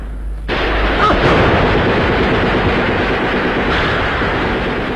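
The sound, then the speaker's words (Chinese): A dense, roaring barrage of gunfire, as a band of rioters is wiped out, starts abruptly after a brief low rumble, with overlapping shots and blasts blending into a continuous loud, booming wash that stays intense throughout. “巴洛托杰的酥油火把和枪声宣告的却是这批暴乱分子的全部覆灭。”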